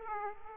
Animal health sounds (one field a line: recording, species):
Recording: mosquito wingbeat signal from an infrared sensor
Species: Aedes aegypti